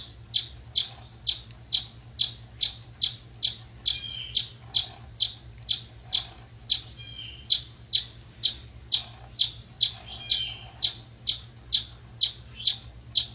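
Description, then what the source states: Cliff chipmunk calling with a long run of sharp, high chips, about two each second, fairly steady throughout over a faint low hum. Lives in cliff walls and boulder fields near pinyon and juniper woodlands of the United States and Mexico; active in early morning and late afternoon; eats nuts, small fruits and seeds.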